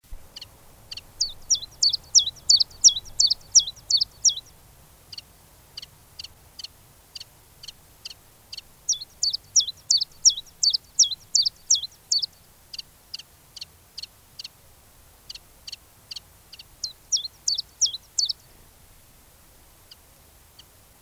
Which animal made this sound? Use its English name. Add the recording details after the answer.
Common Chiffchaff. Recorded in the wild. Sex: male. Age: adult. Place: Garmisch-Partenkirchen, Bayern, DE. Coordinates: 47.5053, 11.0797. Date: 1963-04-15. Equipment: Nagra, AKG D19/200, Original, Vollspur, langes Kabel. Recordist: Tretzel, Erwin. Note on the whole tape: Kramerplateau: Zilpzalp: Gesang ("Stotterer")